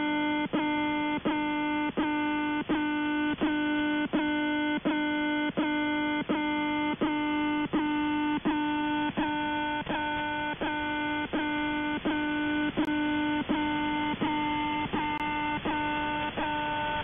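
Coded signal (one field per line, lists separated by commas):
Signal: channel marker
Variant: The Alarm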